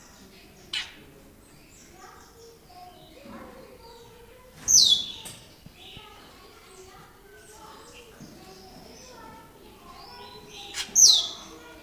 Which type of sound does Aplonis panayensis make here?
call